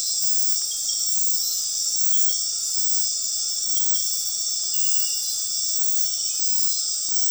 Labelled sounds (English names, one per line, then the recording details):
none
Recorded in dense forest near Puerto Asís, Putumayo, Colombia, on 21 February 2024 at 00:30
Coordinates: 0.502, -76.326
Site G6460